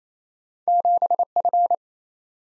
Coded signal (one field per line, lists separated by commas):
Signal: Morse code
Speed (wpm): 29 wpm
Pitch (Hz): 700 Hz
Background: none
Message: 7F